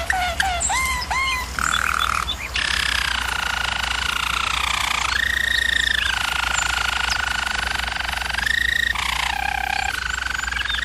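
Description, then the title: German Roller canary song, opening with rapid rising chirps, then long rolling tours and smooth whistled rolls switching pitch, steady low hum beneath. Canary training video. "German Roller Canary Singing - Canary Training Vid"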